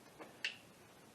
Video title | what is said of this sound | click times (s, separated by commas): 2005 Honda Accord 2.4 Alternator Replacement | i heard snap so we'll put the belt on next and then uh | 0.5 s